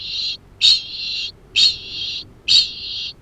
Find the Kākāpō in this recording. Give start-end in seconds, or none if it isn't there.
0.00-3.21